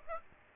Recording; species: mosquito wingbeat signal from an infrared sensor; Aedes aegypti